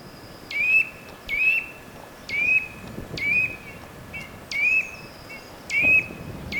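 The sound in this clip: Eurasian nuthatch calls: short sharp rising notes, given about once a second in a steady series, over faint background hiss.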